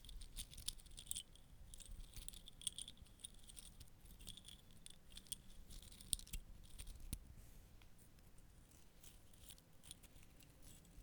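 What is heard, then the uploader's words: Wooden matches shift and clink against glass in a steady rattle of small, bright ticks and jangles, densest in the first six seconds and thinning afterward. A sharper knock lands near seven seconds, over a faint low rumble throughout. Hey there, I just got a new microphone: the Blue Yeti. Wooden matches and glass.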